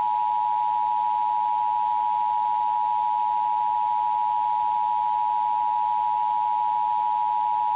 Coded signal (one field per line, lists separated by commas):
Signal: Emergency Alert System (SAME) tones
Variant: 853 and 960 Hz attention tone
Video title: Nickelodeon - EAS Test (2009)